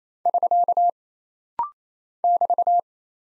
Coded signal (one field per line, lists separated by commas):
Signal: Morse code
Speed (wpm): 27 wpm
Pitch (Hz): 700 Hz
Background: none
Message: <SK> <BT>